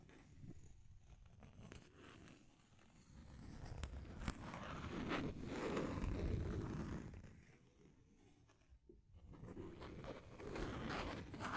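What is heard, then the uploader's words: Deep scratching sounds with a low, rough rumble, rising to a dense, loud stretch around five to seven seconds before easing off near nine seconds. Short sharp scrapes and clicks break through at irregular moments, and the scratching picks up again toward the end. Deep Scratching. (No Talking).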